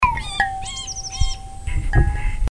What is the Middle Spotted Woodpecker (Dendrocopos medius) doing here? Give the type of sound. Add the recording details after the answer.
call. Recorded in the wild. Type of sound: call. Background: Parus major, Regulus ignicapilla. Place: Freiburg, Baden-Württemberg, DE. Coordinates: 47.9842, 7.87667. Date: 1960-03-23. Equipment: Vollspur. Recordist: Thielcke, Gerhard. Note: Freiburg (Mooswald),Goldfisch-Bach, Mittelspecht?, daneben Kohlmeise und Sommergoldhähnchen